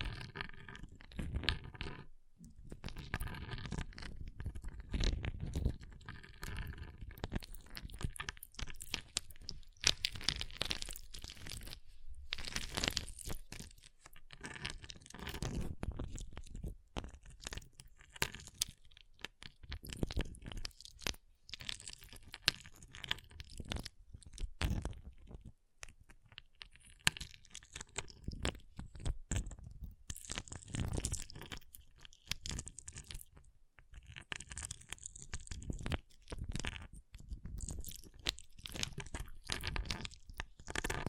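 Close, dense tapping, scratching and carving on ice, with crunchy, cracking strokes coming in quick irregular bursts. The sound is gritty and bright, broken by short pauses around two, twelve and twenty-five seconds, otherwise continuous for the whole stretch.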